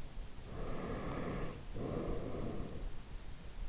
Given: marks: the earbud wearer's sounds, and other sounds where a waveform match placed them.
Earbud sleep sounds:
sounds in sleep by an in-ear microphone; breath
0.50-3.07 s: breath

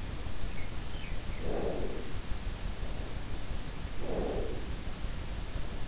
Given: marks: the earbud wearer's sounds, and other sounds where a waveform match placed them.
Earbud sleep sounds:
sounds in sleep by an in-ear microphone; breath
1.28-2.50 s: breath
3.61-4.95 s: breath

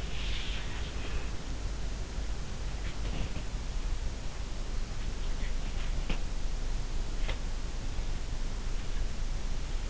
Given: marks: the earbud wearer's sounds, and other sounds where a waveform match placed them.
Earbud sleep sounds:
sounds in sleep by an in-ear microphone; breath
0.00-1.72 s: breath

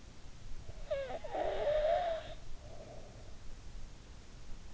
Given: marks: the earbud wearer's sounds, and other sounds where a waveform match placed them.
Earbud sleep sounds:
sounds in sleep by an in-ear microphone; snoring breath
0.53-3.50 s: snoring breath

